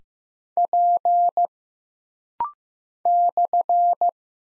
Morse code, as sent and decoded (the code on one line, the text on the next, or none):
.--. / -..-.
P /